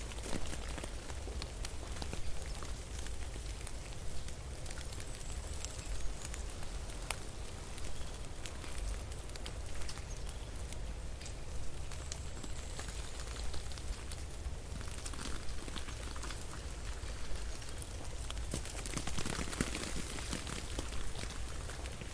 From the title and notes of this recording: Cozy winter ambience for relaxation. Snow falling and melting.